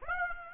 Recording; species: mosquito wingbeat signal from an infrared sensor; Aedes aegypti